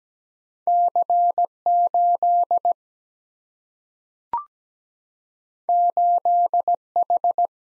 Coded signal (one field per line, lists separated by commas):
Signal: Morse code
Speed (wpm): 17 wpm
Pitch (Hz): 700 Hz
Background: none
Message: C 8 8 H